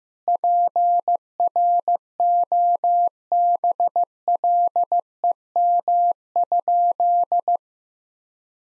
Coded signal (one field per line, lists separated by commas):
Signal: Morse code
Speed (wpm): 15 wpm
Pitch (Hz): 700 Hz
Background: none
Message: PROBLEM?